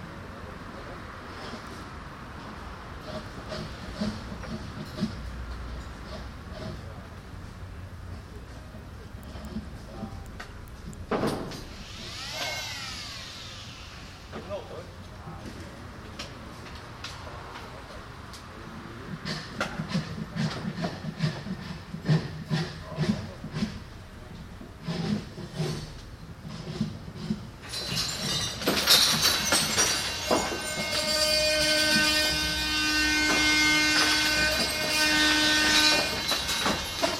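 Restoration work on an old school building, with a low rumble of traffic underneath scattered knocks and clatters. Around the eleven-second mark a brief rising whine sweeps up, and from about twenty-eight seconds a loud, shrill grinding tool runs steadily to the end.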